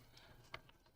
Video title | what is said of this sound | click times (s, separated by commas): 🔴LIVE: Building a Kyosho Dirt Master Ultima SB 2WD Buggy Livestream Sunday June 18, 2023 12:30pm PDT | chassis itself and it kind of snaps into place and I'm | 0.5 s